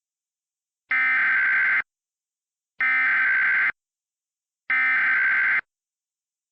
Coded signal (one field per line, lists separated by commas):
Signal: Emergency Alert System (SAME) tones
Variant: header bursts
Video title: EAS Scenario #10: Money Value = 0